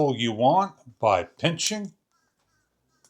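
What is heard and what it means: Someone talks while pinching the adjustable clip on a stainless steel leave-in meat thermometer probe, handling it before it is slid up to lock into position. Speech fills the first two seconds, followed by near silence with two faint, brief ticks around 3.0 and 3.2 seconds. Nothing has seated or clicked into place yet.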